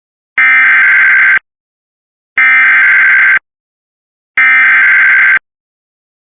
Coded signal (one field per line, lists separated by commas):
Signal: Emergency Alert System (SAME) tones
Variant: header bursts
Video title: DESTRUCTIVE (80 MPH WIND) Severe Thunderstorm Warning EAS (Cox) 6/18/25